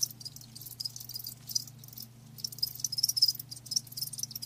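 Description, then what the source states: Quiet cricket chirping, thin high pulses growing busier toward the end, with a low steady hum underneath. Live crickets chirping, a lulling song.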